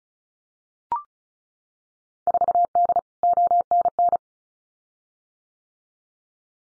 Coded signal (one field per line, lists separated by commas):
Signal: Morse code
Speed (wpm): 34 wpm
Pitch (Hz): 700 Hz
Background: none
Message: 4D ONN